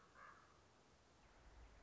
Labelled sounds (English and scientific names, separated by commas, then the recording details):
Common Raven (Corvus corax)
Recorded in Sonoma County, California